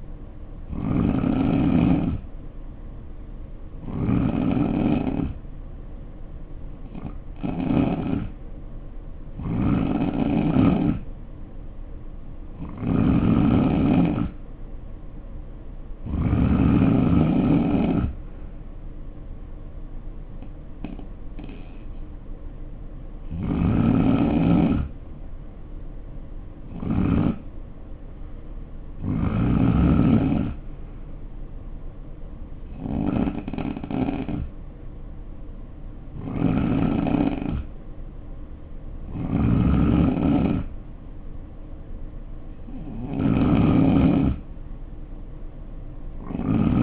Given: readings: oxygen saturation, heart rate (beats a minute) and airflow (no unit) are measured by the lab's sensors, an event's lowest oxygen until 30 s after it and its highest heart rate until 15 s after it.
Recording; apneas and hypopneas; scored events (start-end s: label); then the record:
breathing in sleep by a smartphone at the bedside; 1
4.00-13.80 s: hypopnea (N3, oxygen 90% highest, then 87% lowest, heart rate 66 at the start, 70 highest)
From the record:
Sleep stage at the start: N3 (deep sleep); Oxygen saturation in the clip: 87 to 90%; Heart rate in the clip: 58 to 70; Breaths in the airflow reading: 14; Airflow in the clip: -5.0 to 3.2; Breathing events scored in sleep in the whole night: 520 in 7.2 hours asleep